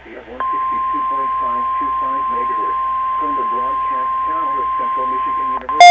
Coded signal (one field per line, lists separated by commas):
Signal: Emergency Alert System (SAME) tones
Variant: 1050 Hz attention tone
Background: speech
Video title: Audio Tests! EAS #14-15 June 2nd, 2021